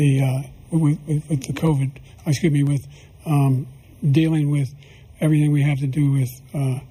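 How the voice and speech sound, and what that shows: An adult man speaks with a stutter, repeating the starts of words in quick bursts, with halting pauses between phrases.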